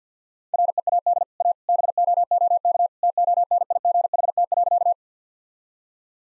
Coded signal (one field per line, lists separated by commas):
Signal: Morse code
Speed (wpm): 50 wpm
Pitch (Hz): 700 Hz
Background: none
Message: READ A BOOK TONIGHT.